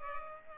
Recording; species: mosquito wingbeat signal from an infrared sensor; Culex pipiens